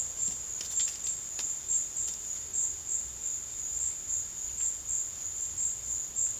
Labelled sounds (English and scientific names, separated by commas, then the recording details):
none
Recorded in secondary vegetation near Puerto Asís, Putumayo, Colombia, on 22 June 2025 at 14:00
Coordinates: 0.485, -76.322
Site GP06